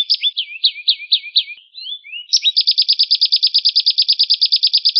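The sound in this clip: Atlantic canary song: a run of sweeping chirped notes, a brief pause, then a fast, even trill of sharp repeated notes.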